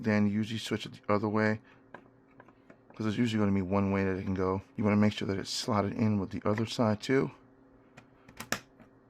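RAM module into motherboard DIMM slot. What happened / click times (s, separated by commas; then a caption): The memory module clicked into its slot / 8.5 s. A DDR memory module is lined up by its notch and pressed down into a motherboard DIMM slot while someone talks. After the talking stops, a few faint ticks lead into a sharp, loud click at 8.5 s as the RAM stick seats in the slot.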